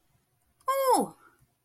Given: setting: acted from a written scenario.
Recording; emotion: vocal sound without words; elation